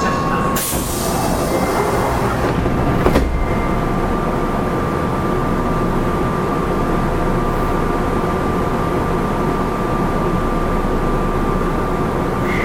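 A Kintetsu 7000 series electric train runs along, its steady low rumble filling the whole clip at an even loudness. A thin, constant whine rides above the rumble throughout. Near the start, around one and three seconds, two brief bright clanks cut through.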